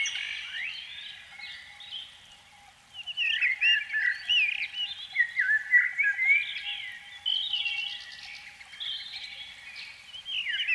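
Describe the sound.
Canary song that starts softly and grows louder after a few seconds into lively trills, warbled phrases and high whistled slides, with a steady hum throughout.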